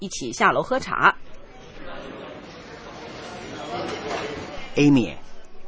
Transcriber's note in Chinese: Office ambience